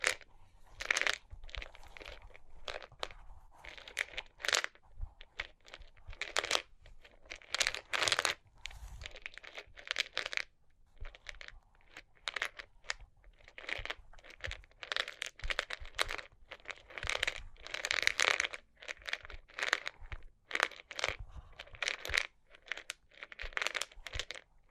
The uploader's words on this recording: ASMR Sleepy Cork and Wood Tapping, Scratching, Tracing (No Talking).